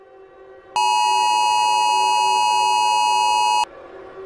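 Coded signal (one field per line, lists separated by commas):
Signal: Emergency Alert System (SAME) tones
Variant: 853 and 960 Hz attention tone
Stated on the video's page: Simulated nuclear war EAS scenario made with valid EAS tones.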